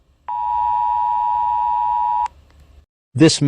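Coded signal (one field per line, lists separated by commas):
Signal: Emergency Alert System (SAME) tones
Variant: 853 and 960 Hz attention tone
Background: speech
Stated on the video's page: Fictional EAS scenario, simulated alert.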